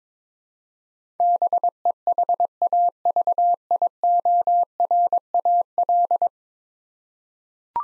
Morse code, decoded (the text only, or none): BEHAVIORAL